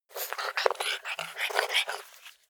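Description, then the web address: Pug panting: rapid, breathy, rasping breaths in quick irregular bursts. "soundpool sounds natur-tiere hunde"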